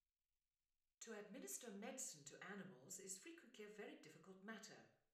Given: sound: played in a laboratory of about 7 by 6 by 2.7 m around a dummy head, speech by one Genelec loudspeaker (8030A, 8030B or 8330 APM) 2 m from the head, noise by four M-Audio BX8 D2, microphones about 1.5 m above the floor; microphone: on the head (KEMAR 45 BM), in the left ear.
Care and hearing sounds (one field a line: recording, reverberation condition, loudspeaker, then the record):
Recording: female speech in English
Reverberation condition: medium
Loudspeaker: 120 degrees to the left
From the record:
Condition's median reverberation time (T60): about 510 ms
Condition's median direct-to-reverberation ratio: about -0.5 dB